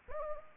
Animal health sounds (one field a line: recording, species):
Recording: mosquito wingbeat signal from an infrared sensor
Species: Anopheles gambiae